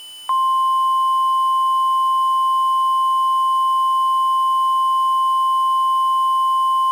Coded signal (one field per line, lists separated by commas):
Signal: Emergency Alert System (SAME) tones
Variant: 1050 Hz attention tone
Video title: (EAS Scenario Teaser) Fire Among The Iowa Fog